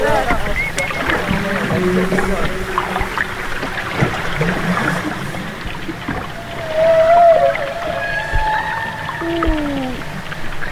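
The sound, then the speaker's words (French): An animal vocalization: a short low grunt comes first, then drawn-out, high tonal calls that sweep up and down. Faint throat clicks and gurgles run through a steady wash of water and motor noise. “Belle vocalise et petit grognement juste avant.”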